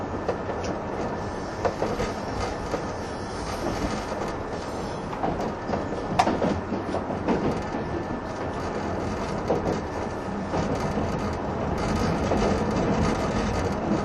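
A 185 series Odoriko train runs steadily, a dense low rumble with faint rhythmic clacks and brief bumps near six and twelve seconds.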